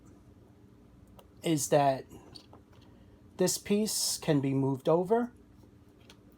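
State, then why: Seated. A plastic tab on the packaging of a Mattel San Diego Comic-Con 2021 exclusive Masters of the Universe Revelation Scareglow collector figure is moved over to the other side while someone talks. Faint small clicks and handling sounds occur in the pause between speech, and the tab snaps into place with a short click at 6.1 s.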